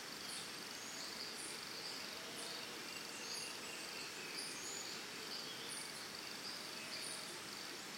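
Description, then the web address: Crickets give a steady high trill while sharp high chirps repeat regularly over a wash of background hiss. Early morning in Costa Rica, forest and jungle ambience. "Big Room Sound Birds Crickets Costa Rica Early Morning"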